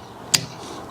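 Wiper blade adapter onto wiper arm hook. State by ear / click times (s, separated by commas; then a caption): seated / 0.4 s. A wiper blade's plastic adapter is pushed home onto the hooked end of a metal wiper arm on a Mini Cooper. A single sharp click is heard at 0.4 s as the blade hook seats into the arm.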